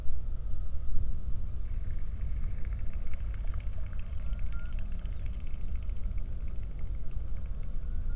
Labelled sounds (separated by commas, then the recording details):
bird, wind
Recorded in the Prudhoe Bay oil fields, Alaska, on 31 July 2019 at 08:26
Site 24